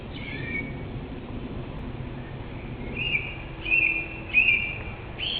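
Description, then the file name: Song thrush song: a bright whistled phrase given three times, followed by another note, over steady low background noise. Recorded in Germany. "Turdus philomelos in Deutschland"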